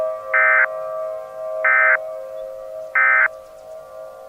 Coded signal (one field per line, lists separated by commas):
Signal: Emergency Alert System (SAME) tones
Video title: EAS Mini Scenario - Nightmare Armageddon